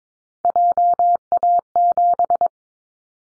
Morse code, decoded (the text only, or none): JA7